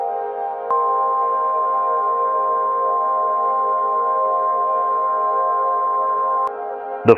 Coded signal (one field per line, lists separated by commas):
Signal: Emergency Alert System (SAME) tones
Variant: 1050 Hz attention tone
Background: music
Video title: random eas